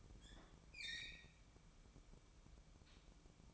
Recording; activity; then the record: daily activity, microphone in the room; open fridge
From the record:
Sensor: 1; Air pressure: 1007.9 hPa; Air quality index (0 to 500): 100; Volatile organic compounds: 1 ppm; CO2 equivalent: 850 ppm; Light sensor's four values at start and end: 13/31/13/14 and 13/31/13/14